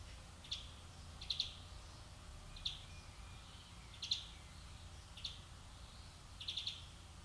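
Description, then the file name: European greenfinch calls: short, high chips given singly or in quick pairs and triplets, about every second, over a low steady rumble. "Chloris chloris"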